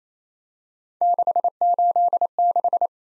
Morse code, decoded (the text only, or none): 686